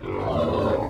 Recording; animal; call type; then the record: contact call of a hoofed animal; wild boar; grunt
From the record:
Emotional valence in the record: negative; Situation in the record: naturally occurring agonistic interactions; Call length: 0.90 s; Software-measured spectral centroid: 1160 Hz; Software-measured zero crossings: 1180 a second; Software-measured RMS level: -24 dBFS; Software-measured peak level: -15 dBFS